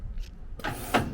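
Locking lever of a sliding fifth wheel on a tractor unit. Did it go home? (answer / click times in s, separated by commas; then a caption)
released / 1.0 s. Someone pulls the first of two levers beside a tractor unit's sliding fifth wheel; this locking lever unlocks the sliding fifth wheel. A low rumble gives way to a broad metallic rasp from about 0.6 s, then a sharp metallic clack lands at about 1.0 s. The lock lever is released.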